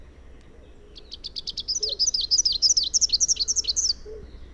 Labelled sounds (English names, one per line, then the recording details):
Rufous-capped Warbler song
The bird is a male
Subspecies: rufifrons
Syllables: 24
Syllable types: 6
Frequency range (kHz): 2.7-6.9 kHz
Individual AR-R04-M